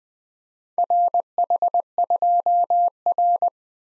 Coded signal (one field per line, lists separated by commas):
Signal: Morse code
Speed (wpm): 23 wpm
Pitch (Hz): 700 Hz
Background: none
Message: RH2R